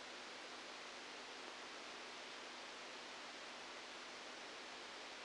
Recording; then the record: brain microelectrode recording played as sound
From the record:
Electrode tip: outside the subthalamic nucleus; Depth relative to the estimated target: -10 mm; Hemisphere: right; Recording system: NeuroSet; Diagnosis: Parkinson's disease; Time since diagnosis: 15 years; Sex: female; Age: 59 years